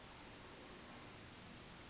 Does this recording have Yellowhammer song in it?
no